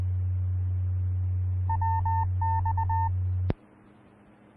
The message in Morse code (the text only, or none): WX